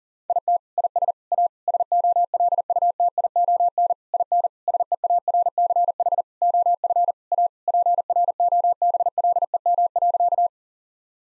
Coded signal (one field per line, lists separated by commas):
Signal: Morse code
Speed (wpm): 40 wpm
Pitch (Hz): 700 Hz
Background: none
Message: IT IS A SOLUTION IN SEARCH OF A PROBLEM.